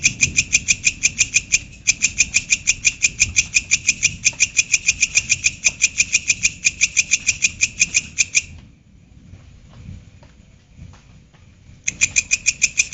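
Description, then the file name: Grasshopper stridulation: fast train of raspy high pulses about three a second for eight seconds, a silent gap of roughly three seconds, then the pulsing returns. "belalang kerek"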